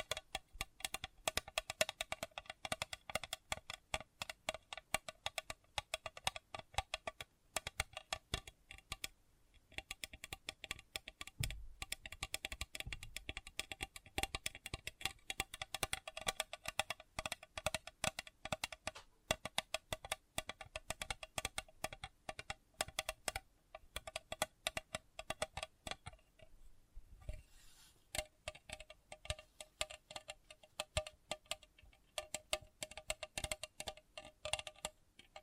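Sensitive tapping runs through the whole clip as dense, rapid clicks, like fingertips rattling over keys. The taps are crisp and bright, coming in quick flurries with brief pauses around 9, 11 and 27 seconds before resuming.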